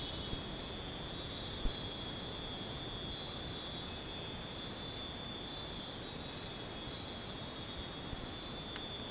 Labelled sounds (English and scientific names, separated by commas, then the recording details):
none
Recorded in dense forest near Puerto Asís, Putumayo, Colombia, on 21 December 2024 at 02:00
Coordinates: 0.466, -76.327
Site G075